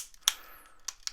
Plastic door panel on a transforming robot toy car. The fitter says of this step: Door snaps into place a little bit better there.